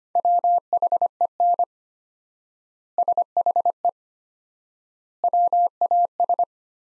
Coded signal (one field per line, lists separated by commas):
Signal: Morse code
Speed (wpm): 25 wpm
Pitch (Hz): 700 Hz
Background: none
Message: WHEN SHE WAS